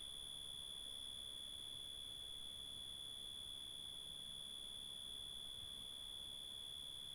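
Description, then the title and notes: Cricket chorus: a constant, shrill, buzzing tone holding perfectly level for the whole stretch, with a second thinner high tone above and soft low background noise. Crickets in a natural reserve at Hato Corozal, Casanare, Colombia. "Hato Corozal, Casanare, Colombia - Grillos. GRillos en una REserva NAtural"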